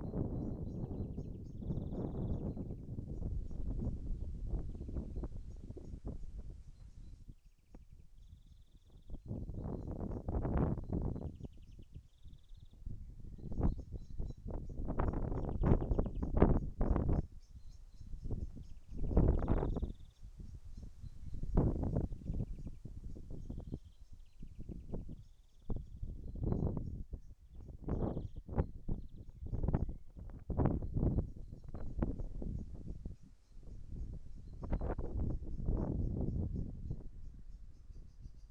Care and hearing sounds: everyday scene through a hearing-aid microphone; wind on the microphone; wind, birds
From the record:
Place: in front of a rural house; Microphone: behind the ear, right, front

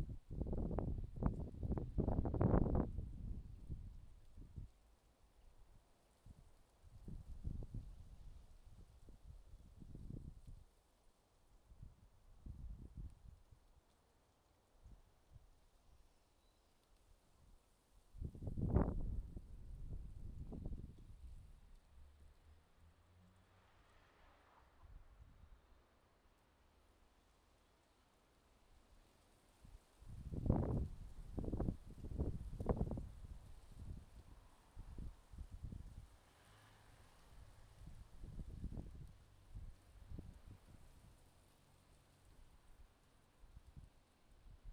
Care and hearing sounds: everyday scene through a hearing-aid microphone; wind on the microphone; wind, traffic, birds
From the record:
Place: suburban garden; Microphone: in the ear canal, left

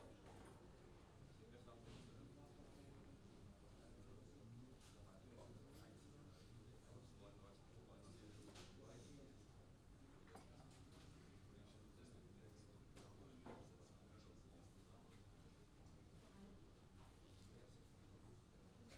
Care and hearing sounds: everyday scene through a hearing-aid microphone; many people talking; many voices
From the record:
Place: university cafeteria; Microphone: in the ear canal, left

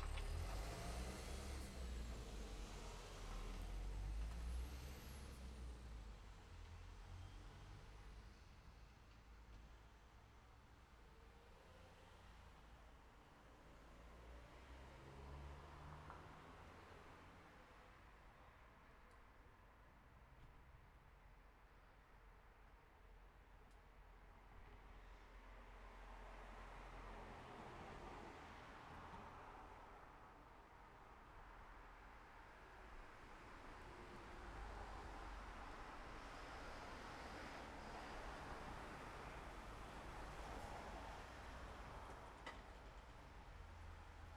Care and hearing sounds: everyday scene through a hearing-aid microphone; in traffic; traffic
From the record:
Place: city secondary road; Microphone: behind the ear, left, rear

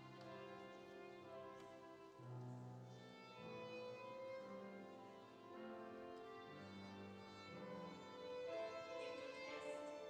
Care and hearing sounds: everyday scene through a hearing-aid microphone; reverberant space; music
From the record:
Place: church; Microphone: in the ear canal, left

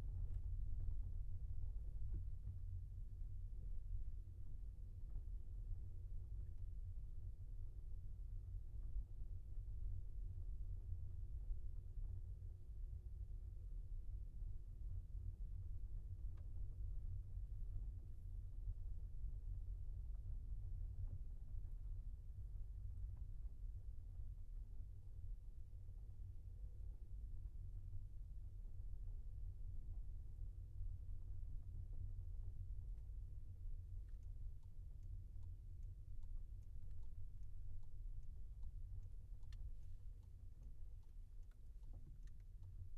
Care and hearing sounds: everyday scene through a hearing-aid microphone; in a vehicle; engine, rumble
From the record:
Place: Skoda Fabia, gasoline engine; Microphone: behind the ear, left, rear

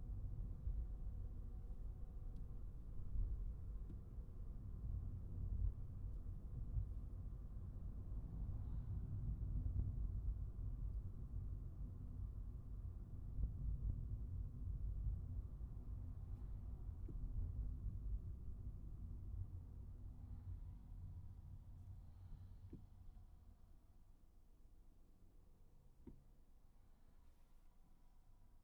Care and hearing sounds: everyday scene through a hearing-aid microphone; in a vehicle; engine, highway traffic jam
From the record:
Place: Skoda Fabia, gasoline engine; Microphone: behind the ear, right, front

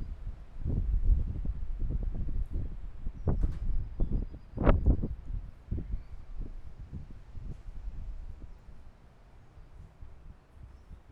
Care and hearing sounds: everyday scene through a hearing-aid microphone; wind on the microphone; squally wind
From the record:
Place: parking lot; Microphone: behind the ear, left, rear

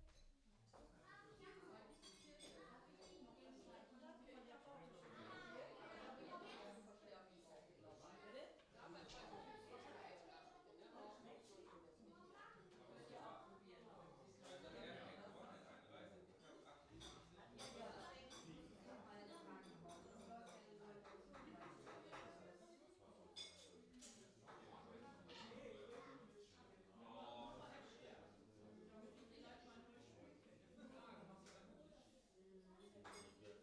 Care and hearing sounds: everyday scene through a hearing-aid microphone; many people talking; many voices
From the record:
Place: parish hall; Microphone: in the ear canal, left

